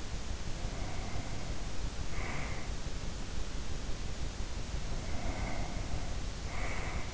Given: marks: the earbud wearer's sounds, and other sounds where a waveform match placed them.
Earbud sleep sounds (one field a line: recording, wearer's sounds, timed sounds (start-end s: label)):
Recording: sounds in sleep by an in-ear microphone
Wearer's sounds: breath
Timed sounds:
0.45-2.74 s: breath
4.79-7.14 s: breath